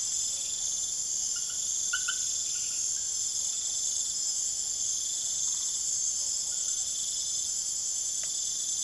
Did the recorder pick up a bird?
no